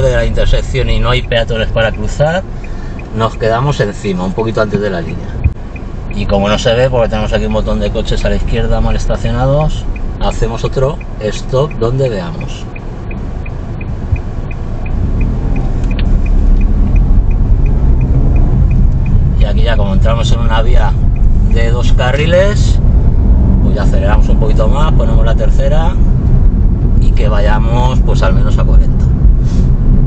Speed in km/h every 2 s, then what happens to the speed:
4, 0, 0, 4, 5, 1, 0, 3, 17, 20, 27, 34, 39, 39, 40.
1-5 standing. 9-13 standing. 13-23 pulls away to 39. 23-30 steady at about 39.